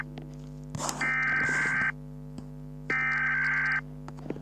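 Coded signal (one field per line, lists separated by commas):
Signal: Emergency Alert System (SAME) tones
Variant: header bursts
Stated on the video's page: Laos EAS alarm on TV.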